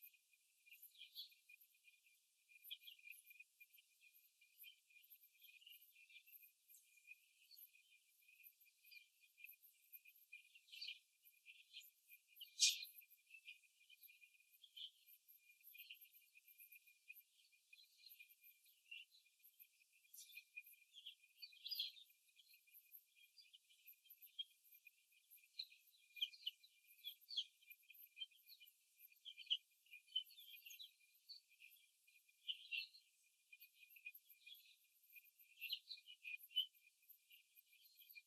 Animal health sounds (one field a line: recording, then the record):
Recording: young laying hens in a cage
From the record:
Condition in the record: after the stressor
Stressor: simulated dog barking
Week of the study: 2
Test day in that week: 3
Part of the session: 1